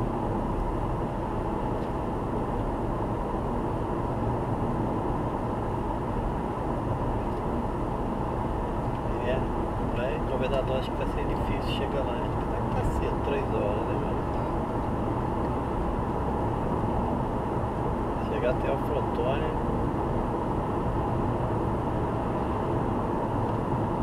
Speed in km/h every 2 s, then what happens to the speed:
91, 92, 93, 93, 95, 97, 97, 99, 98, 98, 99, 97.
0-24 steady at about 97.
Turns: none.